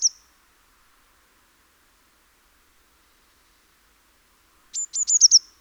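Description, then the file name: Eurasian blue tit: the end of one phrase at the start, then after a long pause a run of several high, thin notes. "Cyanistes caeruleus"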